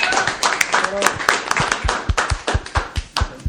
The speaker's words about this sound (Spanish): entonces pues muchas felicidades, pues yo creo que un aplauso para todo el movimiento, ¿no? ¡Bravo!